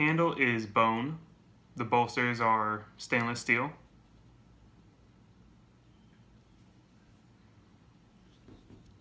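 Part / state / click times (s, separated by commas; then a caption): folding knife blade into its slip joint backspring / not seated / none. Someone talks for the first four seconds while handling a slip joint folding knife with a steel blade, bone handle and stainless steel bolsters; the blade goes into its slip joint backspring. Quiet room tone follows, with a faint soft handling sound near 8.5 seconds. The blade has not yet snapped into its open position and nothing has seated or clicked yet.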